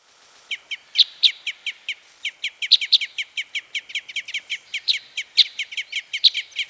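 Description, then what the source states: Red crossbill excitement calls, a steady series of crisp chips, some louder than others. Type N Red Crossbill; excitement calls.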